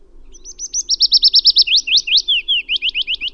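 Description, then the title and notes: Willow warbler song: a sweet run of clear notes gently descending in pitch and ending in a few slurred flourishes, over a soft low hum. "Lyden av løvsanger by forskningno"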